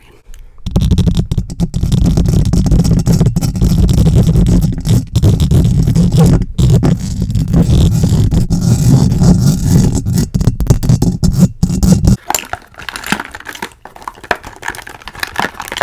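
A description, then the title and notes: Fast, aggressive triggers with heavy mic contact: dense rubbing and scraping that is loud and low, nearly continuous from under a second to about twelve seconds, with brief sharp gaps. After twelve seconds the low rumble drops away, leaving thinner, brighter scratchy taps and crackles. ASMR very intense fast & aggressive triggers (lots of mic contact).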